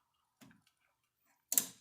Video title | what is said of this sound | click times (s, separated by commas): IAG AOS Installation * 2017-2020 WRX FA20 (WHOLE PROCESS) | you heard the click everything seems to be seated correctly onto the next step so | 1.5 s